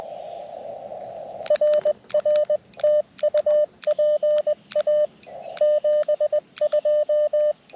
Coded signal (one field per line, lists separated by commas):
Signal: Morse code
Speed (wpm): 20 wpm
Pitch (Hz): 590 Hz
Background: radio noise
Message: RR TU PA 72